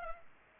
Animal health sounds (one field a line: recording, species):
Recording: mosquito wingbeat signal from an infrared sensor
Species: Culex pipiens